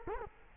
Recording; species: mosquito wingbeat signal from an infrared sensor; Culex quinquefasciatus